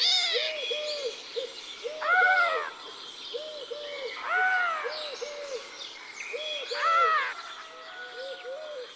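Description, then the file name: Eurasian collared dove song, a string of soft low arched coos, broken by three louder, higher calls every two to three seconds. Garden bird. "Tourterelle turque"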